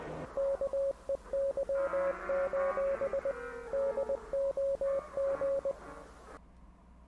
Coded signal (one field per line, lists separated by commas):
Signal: Morse code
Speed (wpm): 21 wpm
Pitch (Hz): 550 Hz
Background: radio noise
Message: KEY: DOG